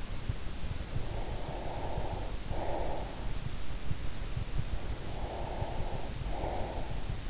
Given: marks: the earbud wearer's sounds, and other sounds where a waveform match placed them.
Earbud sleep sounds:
sounds in sleep by an in-ear microphone; breath
0.91-3.26 s: breath
5.02-7.14 s: breath

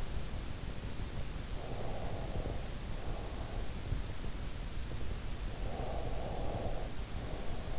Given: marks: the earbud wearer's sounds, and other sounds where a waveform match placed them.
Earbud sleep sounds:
sounds in sleep by an in-ear microphone; breath
1.68-3.86 s: breath
5.46-7.79 s: breath

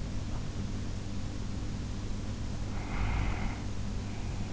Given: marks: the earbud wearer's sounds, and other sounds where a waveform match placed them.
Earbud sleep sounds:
sounds in sleep by an in-ear microphone; breath
2.48-3.91 s: breath

